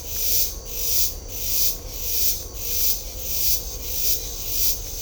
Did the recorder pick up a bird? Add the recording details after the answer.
no. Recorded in secondary vegetation near Puerto Asís, Putumayo, Colombia, on 21 December 2024 at 08:30. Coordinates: 0.500, -76.326. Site G065